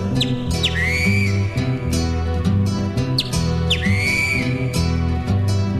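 great kiskadee call

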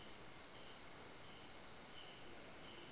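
crickets chirping

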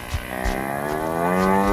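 cow mooing

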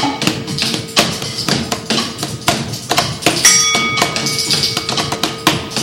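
rhythmic hand clapping (palmas)

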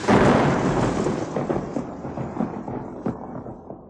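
thunderstorm with thunder

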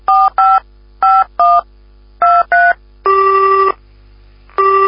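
telephone number being dialed

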